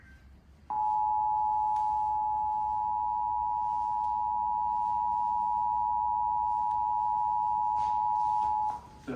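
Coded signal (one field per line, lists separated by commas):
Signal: Emergency Alert System (SAME) tones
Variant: 853 and 960 Hz attention tone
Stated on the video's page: Coastal flood warning issued by the National Weather Service, broadcast on a TV station.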